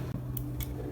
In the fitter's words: we have an SD card here 32 gig okay so you push it you hear that clicking sound